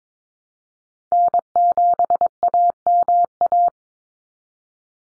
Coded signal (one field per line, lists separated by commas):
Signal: Morse code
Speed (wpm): 22 wpm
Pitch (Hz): 700 Hz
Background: none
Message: N7AMA